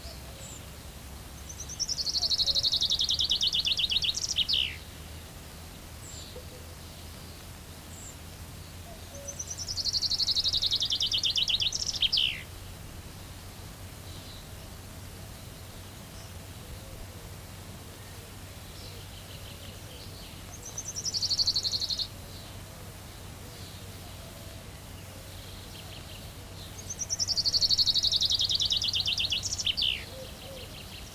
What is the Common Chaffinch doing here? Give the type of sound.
song